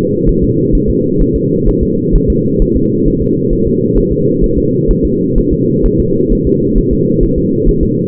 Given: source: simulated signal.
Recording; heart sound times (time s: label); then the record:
fetal heart sounds
0.29 s: S1
0.44 s: S2
0.75 s: S1
0.90 s: S2
1.22 s: S1
1.36 s: S2
1.69 s: S1
1.83 s: S2
2.16 s: S1
2.30 s: S2
2.62 s: S1
2.77 s: S2
3.08 s: S1
3.22 s: S2
3.53 s: S1
3.67 s: S2
3.98 s: S1
4.12 s: S2
4.44 s: S1
4.58 s: S2
4.91 s: S1
5.05 s: S2
5.38 s: S1
5.53 s: S2
5.86 s: S1
6.00 s: S2
6.32 s: S1
6.47 s: S2
6.78 s: S1
6.93 s: S2
7.23 s: S1
7.38 s: S2
7.69 s: S1
7.83 s: S2
From the record:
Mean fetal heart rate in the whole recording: 130 bpm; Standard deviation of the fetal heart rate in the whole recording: 4 bpm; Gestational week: 38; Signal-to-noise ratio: -11.2 dB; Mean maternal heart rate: 72 bpm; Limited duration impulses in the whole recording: present